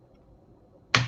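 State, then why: Seated. A plastic side piece of a model is pressed onto the model frame. After near silence, a sharp, bright click sounds at 1.0 s, followed by a short fade and a fainter tick. The piece clicks into place and is seated.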